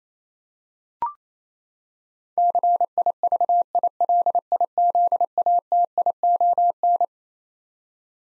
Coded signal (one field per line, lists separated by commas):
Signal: Morse code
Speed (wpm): 28 wpm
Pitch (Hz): 700 Hz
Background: none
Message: CIVILIZATION